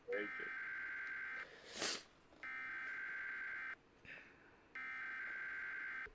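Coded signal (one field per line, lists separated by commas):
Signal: Emergency Alert System (SAME) tones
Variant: header bursts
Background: speech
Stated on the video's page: Fictional EAS scenario.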